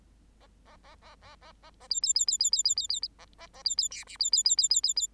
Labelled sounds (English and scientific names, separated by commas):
Bengalese Finch (Lonchura striata domestica) song